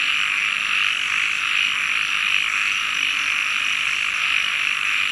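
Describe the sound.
Frogs: many calling at once in a constant, high-pitched trilling drone.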